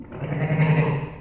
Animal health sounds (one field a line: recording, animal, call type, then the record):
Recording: contact call of a hoofed animal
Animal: sheep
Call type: low-frequency (closed-mouth) or high-frequency (open-mouth) call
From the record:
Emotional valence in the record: negative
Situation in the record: short social isolation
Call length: 1.21 s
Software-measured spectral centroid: 1300 Hz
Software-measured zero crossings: 860 a second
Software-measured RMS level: -23 dBFS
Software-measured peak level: -9 dBFS